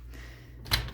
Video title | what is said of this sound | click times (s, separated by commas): Dickinson County Nature Center volunteer training | for the click, and the bar will pop out. | 0.7 s